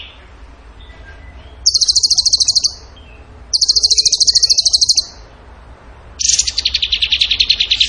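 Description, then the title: Bird song: three bursts of fast, evenly pulsed high trilling, each over a second long, the last one lower. Singing in gacor tembakan style, used as masteran to train other songbirds. "Masteran Burung Tembakan Gacor"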